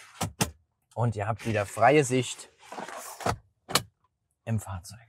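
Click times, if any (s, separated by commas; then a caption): 0.2 s, 0.4 s. A pleated window blind in a camper van is opened and clipped into its holder at the side of the window frame, giving two short clicks at 0.2 s and 0.4 s as it seats. Someone then talks, with a few more brief taps, the sharpest near 3.8 s.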